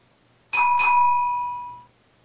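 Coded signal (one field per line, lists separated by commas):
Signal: bell signal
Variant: railway block bell code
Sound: two quick strikes on a small bell, ringing out for over a second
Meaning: Train entering section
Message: 2 strikes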